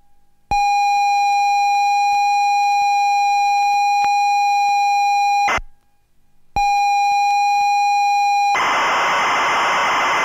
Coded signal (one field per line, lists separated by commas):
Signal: ZX Spectrum tape loading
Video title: ZX Spectrum Code on 'XL1' by Pete Shelley